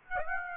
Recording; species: mosquito wingbeat signal from an infrared sensor; Aedes aegypti